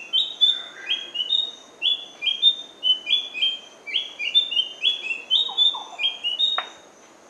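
Large-billed scrubwren giving a steady series of high, sweet, slightly descending chirps, roughly two per second, with a few faint lower notes.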